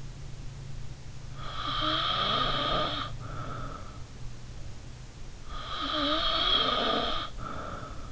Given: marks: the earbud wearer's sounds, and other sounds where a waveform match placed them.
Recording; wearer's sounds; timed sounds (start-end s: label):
sounds in sleep by an in-ear microphone; snoring breath
1.43-4.08 s: snoring breath
5.51-8.12 s: snoring breath